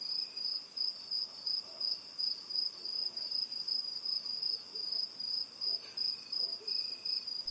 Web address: crickets night rural intense distant dog usa